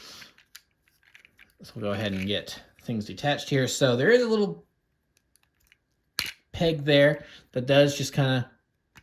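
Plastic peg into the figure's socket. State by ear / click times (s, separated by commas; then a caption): not seated / none. A small plastic peg on a Transformers Legacy United Voyager Class Optimus Prime figure is handled near its socket while someone talks. Faint ticks and one sharp tap are heard. Nothing has seated or clicked yet.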